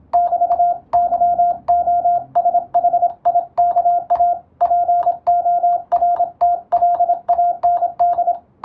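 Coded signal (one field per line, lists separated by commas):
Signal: Morse code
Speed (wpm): 27 wpm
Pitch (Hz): 700 Hz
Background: radio noise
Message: <BT>YOSHIKA PORTLAND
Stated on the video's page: Morse sending and receiving practice for the Japanese radiotelegraph operator licence exam, using a European-language telegram practice book.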